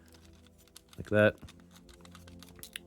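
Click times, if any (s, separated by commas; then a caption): 2.8 s. A plastic panel on a transforming robot toy is pressed down onto the arm tabs lined up in their slots, with small handling clicks throughout while someone talks. The panel snaps into place at 2.8 s.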